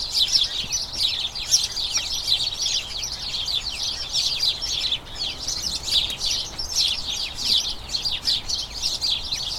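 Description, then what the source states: House sparrows keep up an incessant chattering of short chirps, many birds overlapping, dipping briefly quieter around the middle. About a dozen house sparrows, a colony, chattering incessantly in a small front garden as crocuses bloom, excitement signalling the colony turning toward the breeding season.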